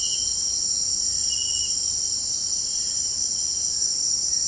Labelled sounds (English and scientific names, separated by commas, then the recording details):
none
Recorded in secondary vegetation near Puerto Asís, Putumayo, Colombia, on 21 March 2025 at 17:30
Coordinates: 0.502, -76.326
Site G100